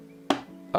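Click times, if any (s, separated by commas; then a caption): 0.3 s. A plastic cap is locked onto a film developing canister after the reel is loaded, done in the dark. A sharp click at 0.3 s marks the cap seating, followed by a second, softer hit at 0.8 s over a steady low hum. The cap is locked in place.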